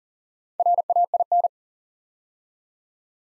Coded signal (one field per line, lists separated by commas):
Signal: Morse code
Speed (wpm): 38 wpm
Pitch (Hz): 700 Hz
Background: none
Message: RAIN